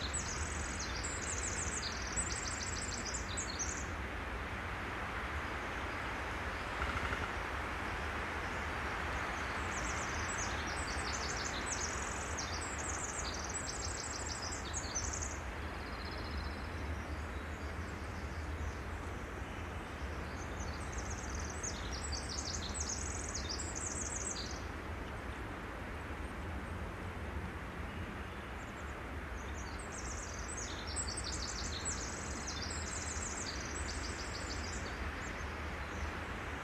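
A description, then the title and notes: A Pacific Wren pours out long, bright, bubbly song bursts about every ten seconds over a steady, rushing wind-like forest hum. Pacific Forest Zephyr. Recorded in the remote Floras Lake State Park sitka spruce forest between Floras Lake and Blacklock point. The effervescent Pacific Wren, distant Swainson's Thrushes, Orange-crowned Warblers, roving Stellar's Jays, among others.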